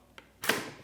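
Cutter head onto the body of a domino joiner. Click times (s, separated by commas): 0.2 s, 0.5 s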